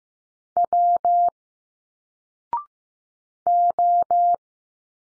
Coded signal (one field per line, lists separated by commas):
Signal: Morse code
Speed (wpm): 15 wpm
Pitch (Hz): 700 Hz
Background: none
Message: W O